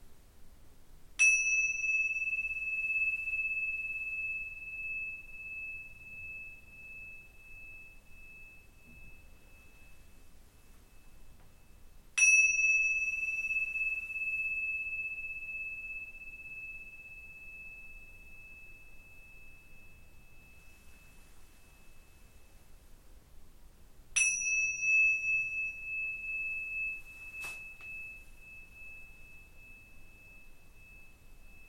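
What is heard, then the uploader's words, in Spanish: A singing bowl is struck three times, at about 1, 12 and 24 seconds. Each strike rings out as a clear, bright, steady tone that slowly fades over roughly ten seconds. A faint low rumble stays underneath throughout. Sesion de cuencoa para armonizar cuerpo, mente y alma.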